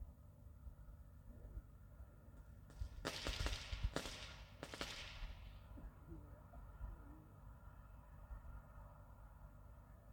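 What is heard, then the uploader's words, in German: New Year's Eve fireworks: a cluster of sharp bangs and crackling hiss between three and five seconds, fading into a low, steady rumble. Silvesternacht: Feuerwerk und Freude.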